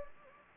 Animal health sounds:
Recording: mosquito wingbeat signal from an infrared sensor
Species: Anopheles gambiae

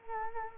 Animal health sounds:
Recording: mosquito wingbeat signal from an infrared sensor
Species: Culex quinquefasciatus

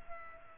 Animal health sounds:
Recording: mosquito wingbeat signal from an infrared sensor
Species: Culex pipiens

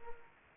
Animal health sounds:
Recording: mosquito wingbeat signal from an infrared sensor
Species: Anopheles arabiensis

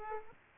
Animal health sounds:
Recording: mosquito wingbeat signal from an infrared sensor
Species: Aedes aegypti

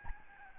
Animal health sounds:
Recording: mosquito wingbeat signal from an infrared sensor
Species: Aedes albopictus

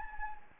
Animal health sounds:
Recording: mosquito wingbeat signal from an infrared sensor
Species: Anopheles gambiae

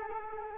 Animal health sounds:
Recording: mosquito wingbeat signal from an infrared sensor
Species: Culex quinquefasciatus

